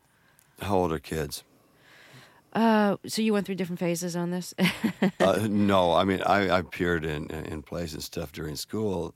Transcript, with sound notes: How old are kids?
So you went through different phases on this (laughter).
No. I mean, I appeared in plays and stuff during school.